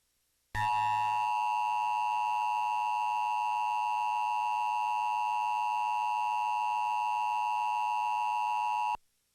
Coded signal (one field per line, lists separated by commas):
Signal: Emergency Alert System (SAME) tones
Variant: 853 and 960 Hz attention tone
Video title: The ULTIMATE EAS Alert Iceberg Explained [Parts 1-2]